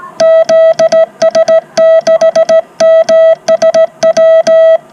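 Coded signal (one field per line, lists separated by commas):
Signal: Morse code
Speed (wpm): 21 wpm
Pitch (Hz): 650 Hz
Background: music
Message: ZS6MSW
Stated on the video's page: CW group contacts on mostly 40m during the grey line hour, competing for the most contacts in an hour.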